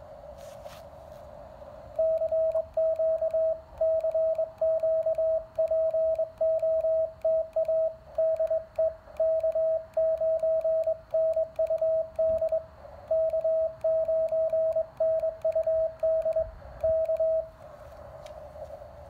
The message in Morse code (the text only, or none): CQ CQ POTA DE K9NUD K9NUD K